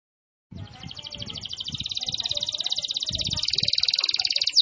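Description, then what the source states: Canary song, a steady rapid high trill building in loudness over a low rumbling background noise. Canary in full, vigorous song (gacor).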